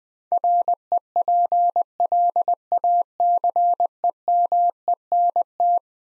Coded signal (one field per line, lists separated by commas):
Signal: Morse code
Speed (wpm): 21 wpm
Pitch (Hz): 700 Hz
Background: none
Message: REPLACEMENT